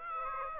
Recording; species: mosquito wingbeat signal from an infrared sensor; Aedes aegypti